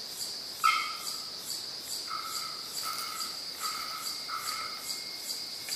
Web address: sound bearded-bellbird. صدای-پرنده-زنگمرغ-ریشدار